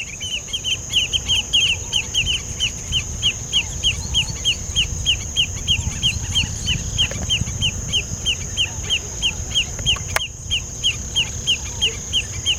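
Bird calling with short, sharp downward-bent notes repeated about three times a second, over a steady high-pitched whine and low rumbling background noise.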